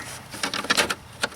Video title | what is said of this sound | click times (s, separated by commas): Dodge Ram Front Grill Headlight Removal - Headlight Not Working On A Dodge Ram After After Bulb R@R | right locked | 0.7 s